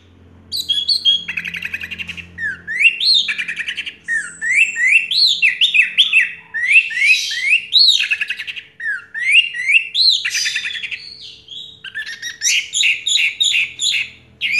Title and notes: Anis Merah Teler Suara Jernih. kumpulan suara anis merah lengkap